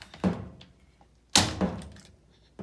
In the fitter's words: it snaps like that, and you're good to go.